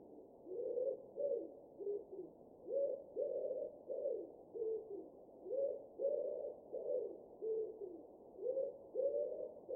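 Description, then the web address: Wood pigeon cooing: low, soft hooted notes in repeated phrases of several syllables, with short pauses between phrases, continuing throughout. "cianscape. Deverinetal"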